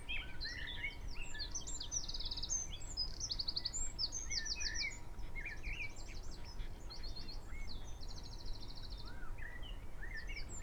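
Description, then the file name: Eurasian wren song: a busy, high-pitched series of staccato trills and chips over low background noise. "Troglodytes troglodytes"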